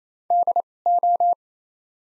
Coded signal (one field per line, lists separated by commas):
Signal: Morse code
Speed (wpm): 28 wpm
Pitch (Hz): 700 Hz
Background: none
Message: D O